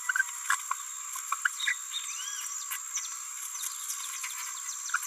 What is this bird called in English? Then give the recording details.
Green-rumped Parrotlet. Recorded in a nest box in Venezuela. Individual 18B17A5